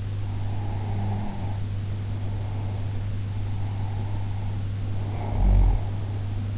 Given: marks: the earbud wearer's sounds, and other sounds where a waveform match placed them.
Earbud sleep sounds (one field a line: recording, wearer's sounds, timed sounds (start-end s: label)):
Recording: sounds in sleep by an in-ear microphone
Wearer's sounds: snoring breath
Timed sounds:
0.31-2.97 s: snoring breath
3.46-6.23 s: snoring breath